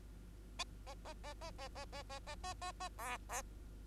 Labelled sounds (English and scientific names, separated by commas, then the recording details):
Bengalese Finch (Lonchura striata domestica) song
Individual Bird2